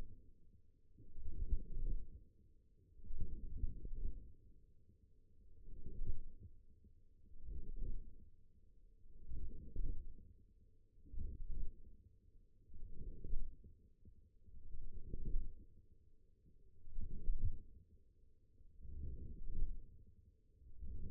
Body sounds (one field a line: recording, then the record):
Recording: forearm muscle sounds (acoustic myography)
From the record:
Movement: wrist extension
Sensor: system 1, eight BSWA MPA416 microphones around the upper forearm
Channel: 7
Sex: female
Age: 21 years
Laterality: right